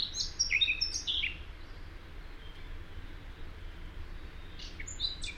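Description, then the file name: Eurasian blackcap giving a quick burst of varied, chattering high notes in the first second, a shorter similar burst near the end, over a steady low rumble of background noise. "Sylvia atricapilla"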